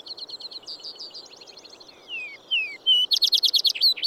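Vesper sparrow song: a quick series of short notes, a few descending slurred whistles, then a loud, rapid trill to finish.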